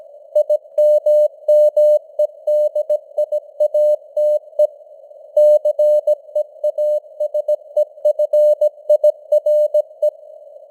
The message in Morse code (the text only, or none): IMMEDIATE CEASEFIRE